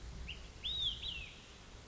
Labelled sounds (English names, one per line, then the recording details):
Olive-sided Flycatcher
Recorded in Sonoma County, California